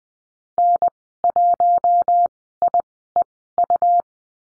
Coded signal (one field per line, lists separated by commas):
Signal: Morse code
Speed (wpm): 20 wpm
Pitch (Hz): 700 Hz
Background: none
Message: N1IEU